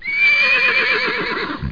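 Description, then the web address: Horse whinny, a loud high neigh with quavering pulses, ending with a brief low sound. "Tempra. horse"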